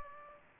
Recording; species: mosquito wingbeat signal from an infrared sensor; Aedes aegypti